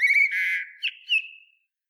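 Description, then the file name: Common blackbird call opening with a steady whistled tone and a buzzy middle, then two brief louder notes and a long thin whistle trailing away. "Turdus merula"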